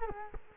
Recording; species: mosquito wingbeat signal from an infrared sensor; Culex quinquefasciatus